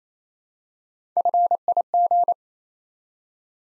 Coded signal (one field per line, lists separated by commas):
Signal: Morse code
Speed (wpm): 29 wpm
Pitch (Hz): 700 Hz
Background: none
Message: FIG